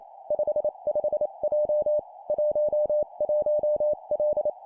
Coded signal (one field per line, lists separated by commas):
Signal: Morse code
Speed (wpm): 28 wpm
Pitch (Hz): 600 Hz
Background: none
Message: 55J 11L